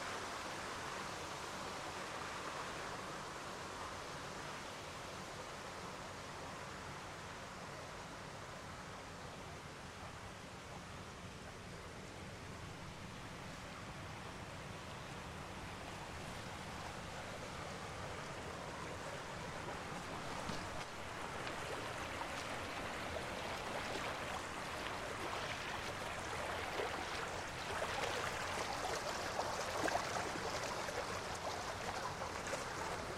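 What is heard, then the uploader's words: Water runs steadily through a sandstone creek bed, a dense, unbroken rush spread from low rumble to bright hiss. After about twenty seconds the flow grows a little louder and more textured, with brighter splashing and gurgling detail. Cougar Canyon Creek. This soundwalk was taken June 1, 2022 at Cougar Canyon in Vancouver, Washington. It features the manifold sounds of water moving through a unique sandstone landscape.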